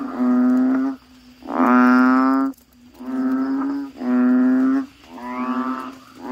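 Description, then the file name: Frog calls, several drawn-out nasal moans separated by brief gaps. "suara kodok bangkong"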